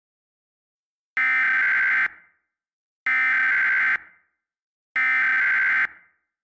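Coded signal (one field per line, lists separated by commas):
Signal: Emergency Alert System (SAME) tones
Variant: header bursts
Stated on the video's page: Fictional New Year's EAS story with possibly valid SAME tones.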